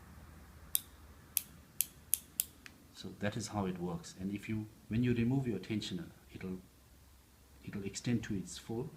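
The metal plunger of a Mercedes-Benz engine timing chain tensioner is worked through its ratchet, stepping notch by notch with sharp clicks at 0.8, 1.4, 1.8, 2.1, 2.4 and 2.7 s, the last one fainter. Afterward someone talks.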